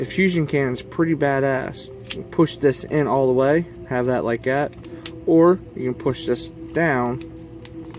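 Someone talks while handling the plastic fusion cannon accessory on a Leader Class Megatron transforming action figure, pushing it down toward its mount on the figure's back. Two faint, brief taps come near the end, at about 7.6 and 7.9 seconds. The cannon has not yet clicked into place or seated.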